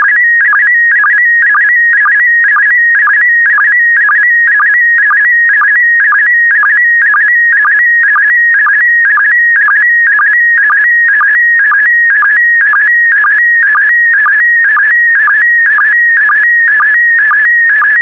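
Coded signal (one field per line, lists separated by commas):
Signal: SSTV (slow-scan television)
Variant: PD120 mode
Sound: steady high whistle warbling between tones, with a regular chirping blip about twice per second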